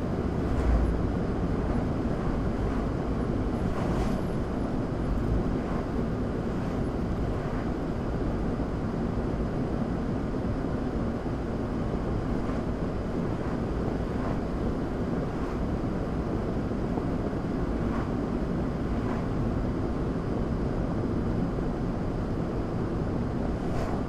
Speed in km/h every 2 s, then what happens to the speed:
87, 84, 82, 84, 84, 84, 84, 84, 82, 81, 76, 74.
0-15 steady at about 84. 15-24 slows to 74.